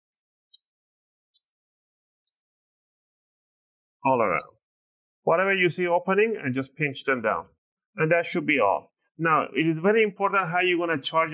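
Pressing down along the back edge of a plastic palm rest on an ASUS X505A laptop snaps its retaining clips into the bottom cover, and any gaps all around are pinched closed. Sharp, brief clicks are heard at 0.5, 1.4 and 2.3 seconds as the clips seat. Then someone talks.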